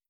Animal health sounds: hydrophone in a shrimp aquaculture tank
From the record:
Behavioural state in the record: starved

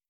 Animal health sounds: hydrophone in a shrimp aquaculture tank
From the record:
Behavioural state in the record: starved

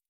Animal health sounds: hydrophone in a shrimp aquaculture tank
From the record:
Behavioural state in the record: stressed

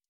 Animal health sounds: hydrophone in a shrimp aquaculture tank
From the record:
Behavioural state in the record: stressed

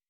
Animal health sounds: hydrophone in a shrimp aquaculture tank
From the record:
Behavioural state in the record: weakened

